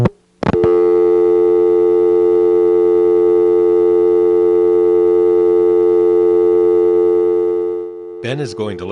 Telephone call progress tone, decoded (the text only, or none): dial tone